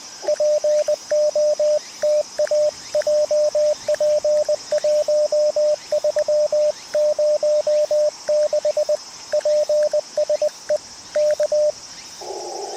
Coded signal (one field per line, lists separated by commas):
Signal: Morse code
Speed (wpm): 20 wpm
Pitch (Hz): 600 Hz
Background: radio noise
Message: POTA JP1306 PSE K